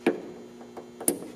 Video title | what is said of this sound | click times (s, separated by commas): Full Tow Mirror Install: (1994-2002 2nd Gen) Dodge Ram Tow Mirrors (Power Fold) - Boost Auto Parts | it over is this for the running light you'll squeeze it until you feel it click and if necessary you can use some pliers so | 1.1 s